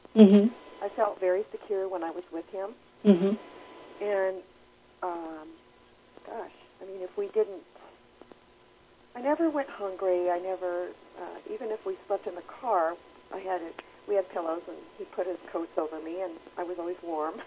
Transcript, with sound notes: I felt very secure when I was with him, and um, gosh, I mean, if we didn't, [pause] I never went hungry; I never even if we slept in the car, I had we had pillows and he put his coats over me and I was always warm.